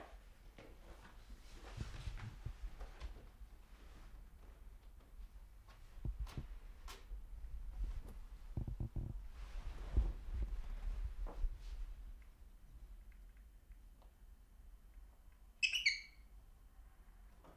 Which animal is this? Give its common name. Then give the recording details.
Fischer's Lovebird. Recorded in captivity. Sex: pair. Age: adult. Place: Zepernick, Barnim, Brandenburg, DE. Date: 2005-03-23 12:27. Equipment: Tascam DA-P1, Sennheiser MKH 70, Windschutz. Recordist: Frommolt, Karl-Heinz. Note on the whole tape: In Zimmervoliere gehaltenes Geschwisterpaar (geschlüpft Anfang August 2000): Balz und Fluggeräusche. Erste Rufe übersteuert!!! Entfernung 2 m